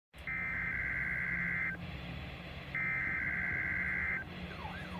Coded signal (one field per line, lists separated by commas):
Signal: Emergency Alert System (SAME) tones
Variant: header bursts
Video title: NOAA Required Weekly Tests (EAS #1062-1066)